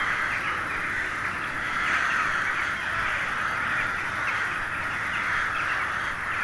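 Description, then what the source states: Steady chorus of carrion crows, countless rough caws layered together without a break. Hundreds of crows gathering at dusk in winter to settle for the night in a poplar wood at Neuflize.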